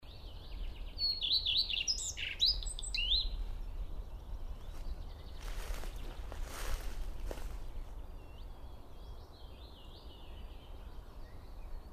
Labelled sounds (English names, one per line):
Common Redstart song